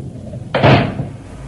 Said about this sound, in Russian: Вот и на, дверь открылась. Да, дверь, между прочим, открывается почти без усилий.